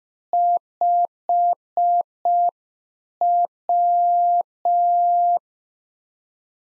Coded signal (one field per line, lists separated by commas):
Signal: Morse code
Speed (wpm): 5 wpm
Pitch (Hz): 700 Hz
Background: none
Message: 5W